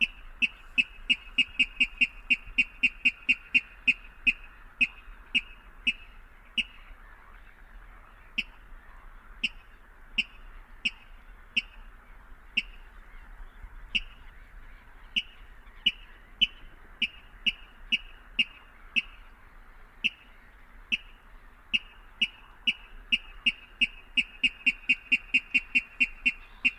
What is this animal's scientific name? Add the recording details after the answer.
Rallus aquaticus. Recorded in the wild. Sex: male. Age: adult. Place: Kützerhof, Kummerower See, Mecklenburg-Vorpommern, DE. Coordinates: 53.8486, 12.8594. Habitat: wetland. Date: 2009-05-04 23:51. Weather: heiter, fast windstill, 6°C. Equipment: Sound Devices 702, Sennheiser MKH 70, Rycote Windschutz. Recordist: Frommolt, Karl-Heinz. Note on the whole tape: Große Rosin: Tickern einer Wasserralle. Quieken und Grunzen von zwei benachbarten Tieren